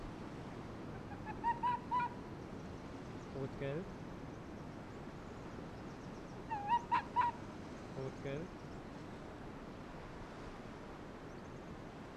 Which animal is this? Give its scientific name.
Vulpes lagopus